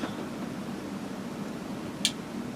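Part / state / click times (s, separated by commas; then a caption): hammer into cocked position on a multi-barrel firearm / seated / 2.0 s. The hammer of a multi-barrel firearm is pulled back against a steady low background hiss until it clicks into the cocked position at 2.1 s, which advances the firing pin to the next barrel. The click is a single sharp, bright snap, and the hammer is confirmed seated in the cocked position.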